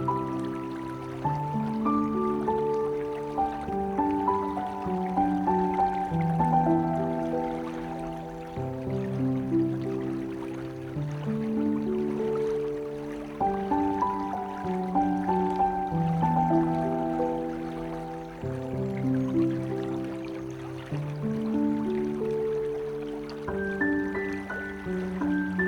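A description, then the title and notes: A piano plays a slow, gentle melody with sustained chords, the notes stepping through low and middle ranges and repeating a phrase about every twelve seconds. Beneath it a soft, steady trickle of flowing water runs throughout at an even level. Piano Music and Gentle Stream.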